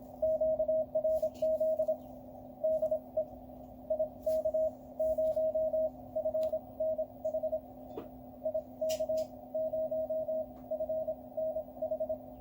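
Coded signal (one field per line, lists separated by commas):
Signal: Morse code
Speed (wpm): 27 wpm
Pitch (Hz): 630 Hz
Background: radio noise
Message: QRZ DE IK0FNH IK0FNH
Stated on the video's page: Morse from a QCX+ 5W QRP CW transceiver kit.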